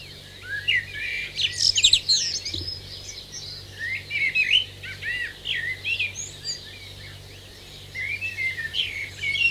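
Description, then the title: Eurasian blackbird song, with fluty warbled phrases standing out from a dense dawn chorus of many other birds. Adult male; dawn chorus with many other birds singing; garden surroundings; New Zealand. "Dawn chorus with blackbirds in the foreground"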